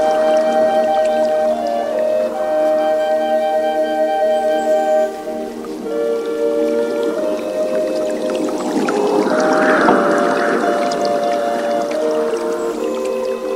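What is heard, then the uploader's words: Soft wooden and pan flute tones hold long, steady notes that overlap and shift slowly in pitch, mostly in a mellow middle register. Around the ninth and tenth seconds a breathy, airy swell rises behind the melody, then fades as the notes continue. Relaxing Zen Music and Nature Sounds - Wooden Flute and Pan Flute.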